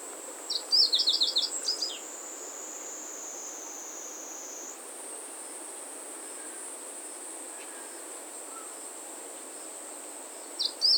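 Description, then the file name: Meadow bunting giving a short burst of rapid high twittering notes, a long pause, then the start of another phrase, all over a continuous high insect drone. Song recorded in August. "ホオジロ 8 月さえずり"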